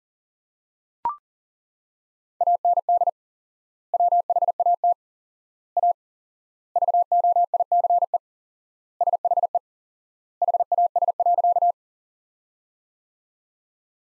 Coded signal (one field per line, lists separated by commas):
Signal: Morse code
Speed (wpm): 40 wpm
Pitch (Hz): 700 Hz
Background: none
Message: AND WHAT A VOICE SHE HAS.